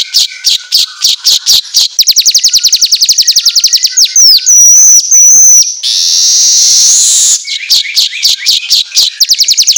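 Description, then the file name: Asian golden weaver song of rapid high buzzy trills and ticking notes, broken by whistled slurs and a loud hissing wheeze, then the trilling resumes. Track meant for training songbirds to sing eagerly (auto gacor). "Suara Kicau Manyar Kepala Emas Auto Gacor"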